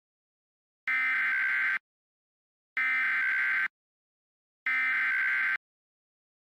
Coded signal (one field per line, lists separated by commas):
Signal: Emergency Alert System (SAME) tones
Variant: header bursts